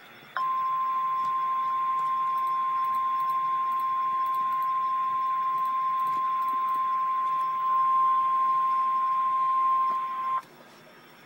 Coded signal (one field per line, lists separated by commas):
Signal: Emergency Alert System (SAME) tones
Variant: 1050 Hz attention tone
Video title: REAL EAS 837-Severe thunderstorm warning